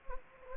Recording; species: mosquito wingbeat signal from an infrared sensor; Anopheles gambiae